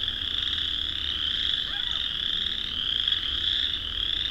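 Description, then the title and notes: Chorus frogs in full chorus, countless overlapping trills merging into a continuous high-pitched buzz with little variation. Thousands, perhaps tens of thousands, of chorus frogs in Vinemount Swamp on a spring walk at dusk; frogs use calls to establish territory. "An Evening With Chorus Frogs. Tonight we'll be taking dusk spring walk through the Vinemount Swamp, and will hear thousands, maybe tens of thousands, of chorus frogs. Rob Porter. Songbirding"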